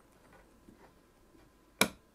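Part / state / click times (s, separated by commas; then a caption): CPU cooler mounting screw into AM4/AM5 mounting bracket standoff / seated / 1.8 s. The second mounting screw of a Thermalright Assassin King 120 SE ARGB CPU cooler is turned in reverse with a screwdriver against an AM4/AM5 mounting bracket standoff, with only faint quiet ticks at first. At 1.8 s, its thread drops in with a single sharp click, and the screw is seated.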